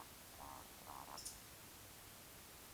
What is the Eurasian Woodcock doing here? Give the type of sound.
whistle, croak